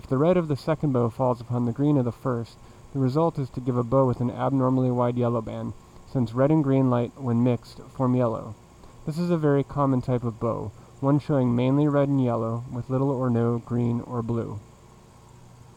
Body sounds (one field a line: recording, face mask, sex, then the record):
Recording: reading aloud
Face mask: surgical mask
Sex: male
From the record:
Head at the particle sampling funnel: facing it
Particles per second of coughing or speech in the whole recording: 0.232